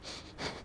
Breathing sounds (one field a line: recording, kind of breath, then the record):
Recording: one breath in and out by a microphone near the nose and mouth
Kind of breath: strong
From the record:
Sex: male